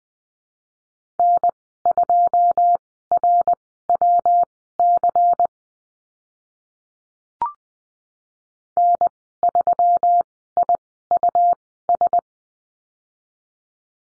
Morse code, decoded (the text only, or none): N2RWC N3IUS